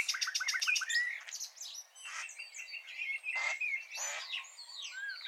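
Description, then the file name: Common nightingale song: a fast series of sharp notes, then mixed buzzy and whistled phrases. "Luscinia megarhynchos"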